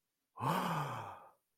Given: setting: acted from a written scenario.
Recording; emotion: vocal sound without words; awe